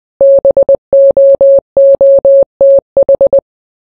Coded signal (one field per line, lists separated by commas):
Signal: Morse code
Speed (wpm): 20 wpm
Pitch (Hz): 550 Hz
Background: none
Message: BOOTH